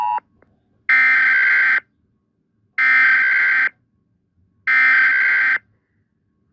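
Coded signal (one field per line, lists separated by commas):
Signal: Emergency Alert System (SAME) tones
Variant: header bursts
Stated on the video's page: Fictional alarms for invented territories, fixed version.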